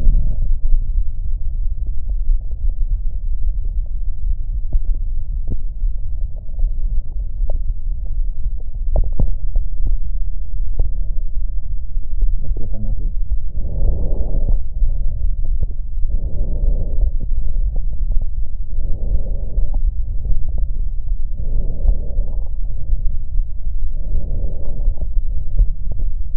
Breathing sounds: lung sounds by stethoscope; right posterior basal chest; quiet breathing, then deep breathing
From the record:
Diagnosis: none (healthy); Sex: male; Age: 29 years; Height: 180 cm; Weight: 100 kg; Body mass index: 30.9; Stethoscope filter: extended mode

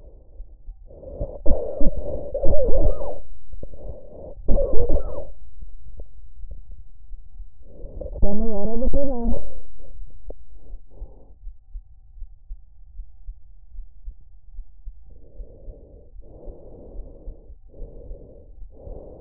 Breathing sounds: lung sounds by stethoscope; trachea; quiet breathing, then cough and speech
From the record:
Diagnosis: interstitial lung disease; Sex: female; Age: 60 years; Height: 152 cm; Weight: 55.9 kg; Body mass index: 24.2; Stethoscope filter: extended mode

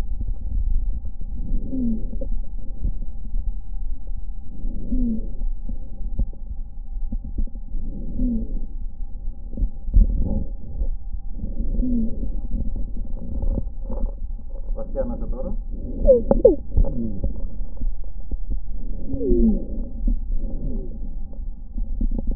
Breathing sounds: lung sounds by stethoscope; left posterior basal chest; quiet breathing, then deep breathing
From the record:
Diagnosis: asthma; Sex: female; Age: 56 years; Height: 161 cm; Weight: 85 kg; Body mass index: 32.8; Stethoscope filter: diaphragm mode

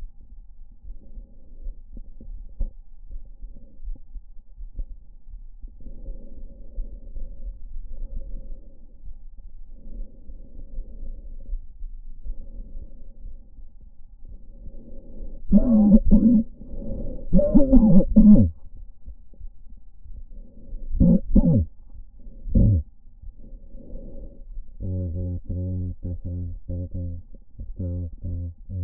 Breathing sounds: lung sounds by stethoscope; left anterior apical chest; quiet breathing, then cough and speech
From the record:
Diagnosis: none (healthy); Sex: male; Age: 34 years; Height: 174 cm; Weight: 93 kg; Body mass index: 30.7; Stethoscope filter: diaphragm mode

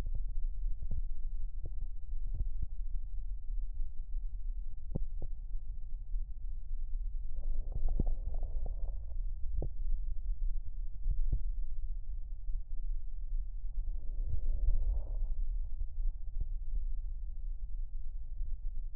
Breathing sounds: lung sounds by stethoscope; right posterior basal chest; quiet breathing, then deep breathing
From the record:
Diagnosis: asthma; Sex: female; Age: 66 years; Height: 172 cm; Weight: 76 kg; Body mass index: 25.7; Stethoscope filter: extended mode

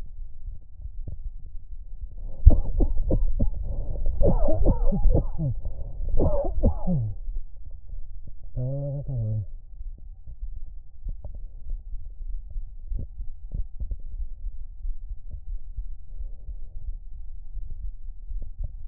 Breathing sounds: lung sounds by stethoscope; left anterior apical chest; quiet breathing, then cough and speech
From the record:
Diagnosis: COPD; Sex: male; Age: 59 years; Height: 171 cm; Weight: 91.4 kg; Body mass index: 31.3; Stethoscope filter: extended mode

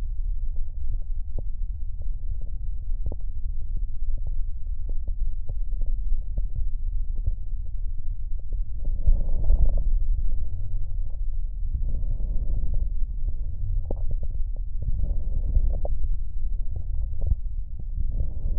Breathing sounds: lung sounds by stethoscope; left posterior basal chest; quiet breathing, then deep breathing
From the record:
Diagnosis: COPD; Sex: male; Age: 77 years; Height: 172 cm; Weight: 85.2 kg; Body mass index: 28.8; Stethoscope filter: extended mode

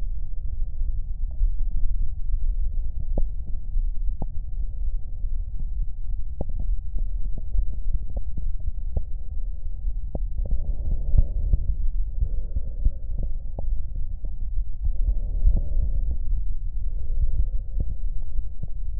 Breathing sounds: lung sounds by stethoscope; right anterior apical chest; quiet breathing, then deep breathing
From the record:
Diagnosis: COPD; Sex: male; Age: 64 years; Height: 166 cm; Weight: 92.7 kg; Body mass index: 33.6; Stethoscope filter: extended mode

